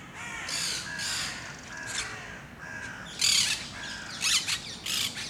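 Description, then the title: Parakeets give harsh, grating squawks in uneven bursts. Parakeets in Parc de Forest, Saint-Gilles, Belgium; Sony PCM-D100, internal microphones in wide position. "Parc de Forest, 1060 Saint-Gilles, Belgique - Parakeets - Perruches"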